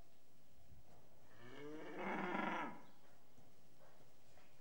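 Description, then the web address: Cattle giving a single rough, rising moo that peaks in a loud, hoarse burst midway before fading into quiet background rustle. Restless cattle indoors in a shed. "BBC Sound Effects Library. Cattle Restless In Shed"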